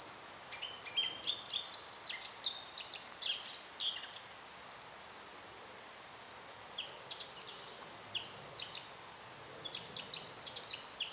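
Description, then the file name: Eurasian blackcap song, three bursts of rapid high warbled notes with short whistled slurs, the first longest and loudest, separated by quiet pauses. "Sylvia atricapilla"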